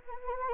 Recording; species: mosquito wingbeat signal from an infrared sensor; Anopheles gambiae